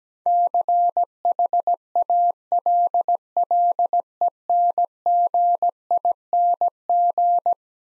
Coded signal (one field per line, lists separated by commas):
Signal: Morse code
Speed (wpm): 17 wpm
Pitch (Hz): 700 Hz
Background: none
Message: CHALLENGING